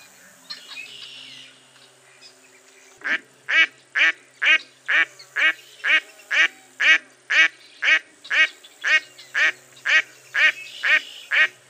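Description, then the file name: Duck quacking: after about three seconds of quiet, a long steady run of harsh nasal quacks, roughly two each second, even in loudness to the end. "zvuki glazchatoi kriakvy"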